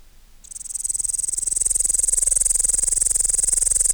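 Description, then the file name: Upland green bush-cricket song, a high sizzling pulsed buzz starting after a brief quiet moment and swelling to a steady, rapidly repeated trill. "Tettigonia cantans"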